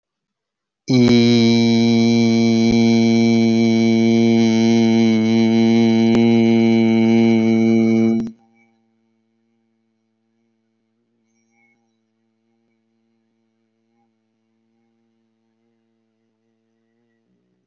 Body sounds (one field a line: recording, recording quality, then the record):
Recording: sustained vowel as in beet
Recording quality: excellent, no background noise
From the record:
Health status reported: healthy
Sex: male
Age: 27 years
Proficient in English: yes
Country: India